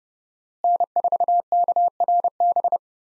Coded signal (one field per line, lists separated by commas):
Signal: Morse code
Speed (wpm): 30 wpm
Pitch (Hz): 700 Hz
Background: none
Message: N4KRB